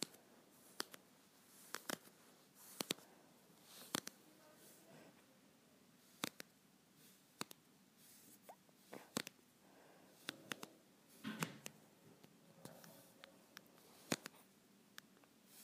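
Fingernails scratch at leggings, making sharp, bright scrapes and ticks at irregular moments, roughly once a second. Longer soft rustling strokes come in a few places, near 3 seconds and around 11 to 12 seconds, with near silence between.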